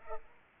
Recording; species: mosquito wingbeat signal from an infrared sensor; Culex pipiens